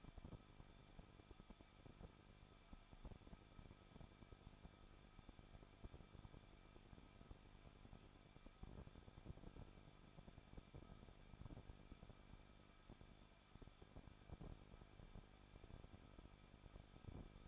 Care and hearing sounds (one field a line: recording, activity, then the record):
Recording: daily activity, microphone in the room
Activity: no activity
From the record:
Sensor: 5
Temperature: 20.9 degrees Celsius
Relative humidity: 38.2%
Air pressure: 1006.5 hPa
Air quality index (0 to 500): 186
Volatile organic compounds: 18 ppm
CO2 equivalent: 2602 ppm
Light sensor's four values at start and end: 2/3/1/1 and 2/3/1/1